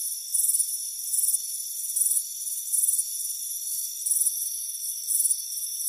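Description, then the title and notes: Crickets giving pulsed trills about once a second, each burst a quick rattling chirp, above a constant high insect whine. Crickets chirping on a warm afternoon, heard from a front porch. "Soothing Crickets Chirping Sound. It's a warm afternoon as you relax in a hammock on the front porch. Relax and fall asleep to the soothing sound of chirping crickets"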